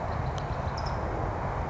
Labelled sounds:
California Towhee (Melozone crissalis)
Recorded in Sonoma County, California

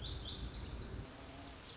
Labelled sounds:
Lazuli Bunting (Passerina amoena)
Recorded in Sonoma County, California

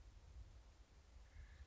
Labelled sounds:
Acorn Woodpecker (Melanerpes formicivorus)
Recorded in Sonoma County, California

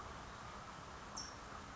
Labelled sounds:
California Towhee (Melozone crissalis)
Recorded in Sonoma County, California

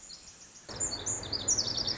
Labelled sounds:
Pacific Wren (Troglodytes pacificus)
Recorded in Sonoma County, California

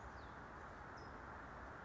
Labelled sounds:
California Towhee (Melozone crissalis)
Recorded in Sonoma County, California

